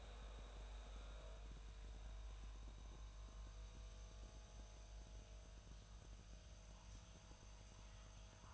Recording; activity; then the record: daily activity, microphone in the room; make coffee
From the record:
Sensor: 2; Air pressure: 1009.2 hPa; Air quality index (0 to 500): 187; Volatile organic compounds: 11 ppm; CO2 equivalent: 2324 ppm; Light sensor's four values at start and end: 24/59/25/27 and 24/59/25/27